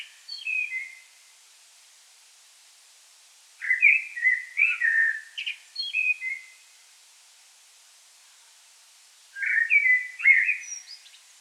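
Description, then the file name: Common blackbird song in three spaced bursts of rich, warbling notes, a few high thin squeaks mixed in. "Turdus merula"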